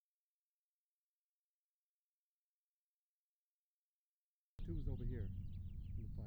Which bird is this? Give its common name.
House Finch